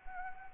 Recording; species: mosquito wingbeat signal from an infrared sensor; Anopheles arabiensis